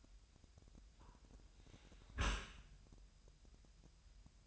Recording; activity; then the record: daily activity, microphone in the room; close dishwasher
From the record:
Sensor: 2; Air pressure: 998.1 hPa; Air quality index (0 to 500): 147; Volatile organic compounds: 4 ppm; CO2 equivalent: 1662 ppm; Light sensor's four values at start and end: 10/29/11/11 and 10/29/11/11